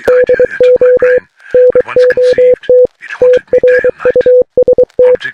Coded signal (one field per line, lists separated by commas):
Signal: Morse code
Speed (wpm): 23 wpm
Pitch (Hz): 500 Hz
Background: speech, radio noise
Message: DO NOT TRUST